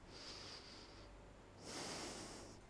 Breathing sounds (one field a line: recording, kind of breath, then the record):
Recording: one breath in and out by a microphone near the nose and mouth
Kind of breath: deep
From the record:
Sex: male